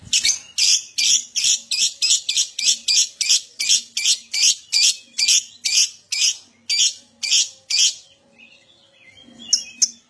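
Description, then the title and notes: Lovebird pouring out a sustained rapid string of harsh high chirps, stopping briefly before a few sharp notes return. Adult lovebird singing constantly (gacor) in the 'owor owor' style. "LOVEBIRD GACOR OWOR OWOR. Lovebird Dewasa"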